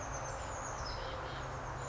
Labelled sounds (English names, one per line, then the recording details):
Oak Titmouse
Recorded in Sonoma County, California